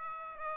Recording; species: mosquito wingbeat signal from an infrared sensor; Aedes aegypti